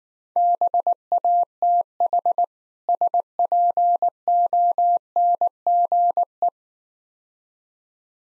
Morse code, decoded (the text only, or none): BATH SPONGE